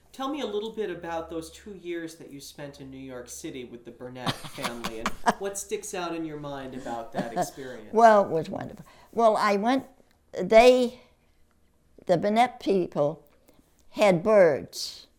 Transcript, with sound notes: Tell me a little bit about those two years that you spent in New York City with the Burnett family and what sticks out in your mind about that experience.
(Laughs) Well, it was wonderful. Well, I went — they--the Burnett people had birds.